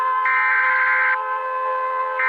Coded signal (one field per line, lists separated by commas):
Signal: Emergency Alert System (SAME) tones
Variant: header bursts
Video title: All territories EAs alarm (Old)